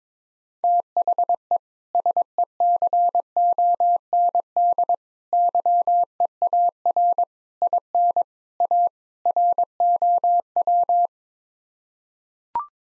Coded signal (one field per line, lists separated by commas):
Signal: Morse code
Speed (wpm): 22 wpm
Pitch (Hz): 700 Hz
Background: none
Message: THE SECOND YEAR IN A ROW